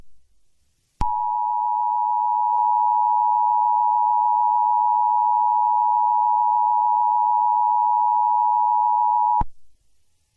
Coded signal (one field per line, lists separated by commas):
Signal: Emergency Alert System (SAME) tones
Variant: 853 and 960 Hz attention tone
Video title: EAS Scenario #11: When The Bird comes out of its home